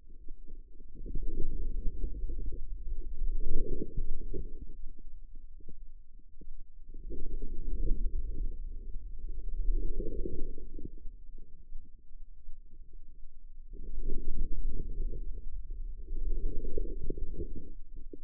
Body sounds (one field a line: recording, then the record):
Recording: forearm muscle sounds (acoustic myography)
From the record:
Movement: inward rotation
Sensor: system 2, bracelet of six BSWA MPA416 microphones around the upper forearm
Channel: 6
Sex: female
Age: 25 years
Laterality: right